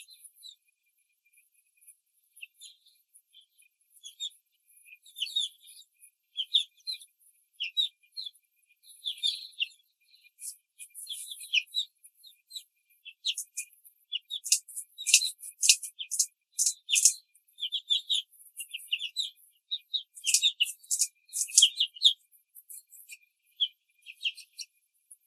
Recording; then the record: young laying hens in a cage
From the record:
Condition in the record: control cage, before the stress test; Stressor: none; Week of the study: 4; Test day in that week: 3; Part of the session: 2